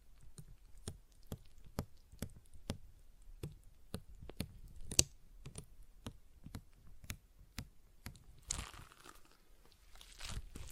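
A stress ball is squeezed over and over, each squeeze giving a short sharp click with a soft low thump, repeating steadily about twice a second. Around the eighth second a crinkly, rustling hiss joins in, returning briefly near the end.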